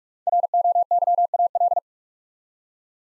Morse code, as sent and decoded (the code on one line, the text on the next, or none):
.-. --- -.-- .- .-..
ROYAL